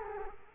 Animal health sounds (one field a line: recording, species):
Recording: mosquito wingbeat signal from an infrared sensor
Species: Culex quinquefasciatus